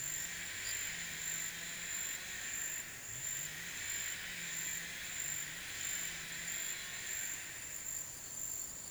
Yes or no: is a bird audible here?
no